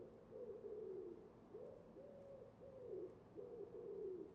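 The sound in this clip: Common Wood Pigeon cooing quietly, a phrase of several soft low coos over steady background hiss.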